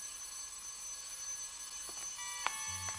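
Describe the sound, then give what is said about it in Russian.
A short plastic clack rings out as a telephone handset is set down in its cradle, with a couple of softer clicks around it over a steady, faint electrical hum. “Надя кладет трубку телефона.”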